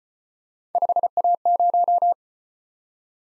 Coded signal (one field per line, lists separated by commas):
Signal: Morse code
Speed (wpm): 33 wpm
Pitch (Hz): 700 Hz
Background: none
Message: 5A0